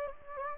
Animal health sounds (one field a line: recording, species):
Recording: mosquito wingbeat signal from an infrared sensor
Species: Anopheles gambiae